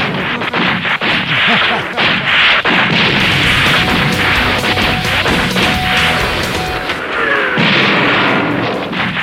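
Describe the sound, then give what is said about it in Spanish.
Continuous battlefield din of mortar and artillery fire, with heavy booms and crashing impacts layered over a dense, roaring rumble that stays loud throughout. “¡Era ahí otra bomba! ¡Mortero!”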